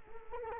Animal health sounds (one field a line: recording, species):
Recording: mosquito wingbeat signal from an infrared sensor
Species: Culex quinquefasciatus